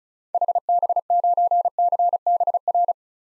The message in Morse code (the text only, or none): HB9CBR